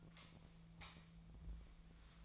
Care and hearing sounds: daily activity, microphone in the room; light off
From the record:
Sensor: 1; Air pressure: 1009.8 hPa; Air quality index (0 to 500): 190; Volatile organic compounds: 18 ppm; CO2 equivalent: 2606 ppm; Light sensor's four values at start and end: 46/132/54/62 and 35/88/37/45

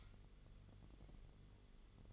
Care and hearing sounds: daily activity, microphone in the room; light off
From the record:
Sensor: 4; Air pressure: 1008.7 hPa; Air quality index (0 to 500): 94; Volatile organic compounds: 1 ppm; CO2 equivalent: 706 ppm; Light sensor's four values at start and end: 11/27/10/10 and 11/25/10/9

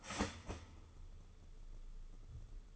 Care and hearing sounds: daily activity, microphone in the room; start toaster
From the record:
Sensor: 4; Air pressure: 995.4 hPa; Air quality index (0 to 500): 214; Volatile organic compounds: 243 ppm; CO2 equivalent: 4342 ppm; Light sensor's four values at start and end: 25/76/29/30 and 25/78/30/31

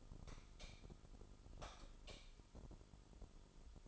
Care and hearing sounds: daily activity, microphone in the room; light off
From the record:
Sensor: 5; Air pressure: 988.5 hPa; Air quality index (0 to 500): 214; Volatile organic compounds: 108 ppm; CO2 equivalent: 3804 ppm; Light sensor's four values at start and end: 46/138/54/58 and 44/133/52/55

